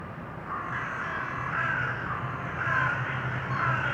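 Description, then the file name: Crows with drawn-out raspy caws, several in succession, over a low humming background. Urban crows. "Detunized - Urban Crows"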